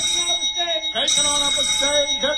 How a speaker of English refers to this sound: Red light. How are we for sound? Okay. All right. Are we up to speed? Right. Four bells.